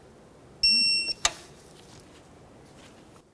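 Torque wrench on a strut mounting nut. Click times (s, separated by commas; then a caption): 1.3 s. A torque wrench set to 37 foot-pounds tightens the front strut mounting nut on a 2005-2012 Volvo S40. A steady high-pitched tone sounds from about 0.6 s to 1.1 s, then the wrench gives a sharp click at 1.3 s, reaching its set torque.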